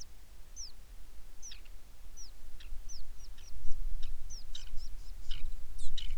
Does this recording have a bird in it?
yes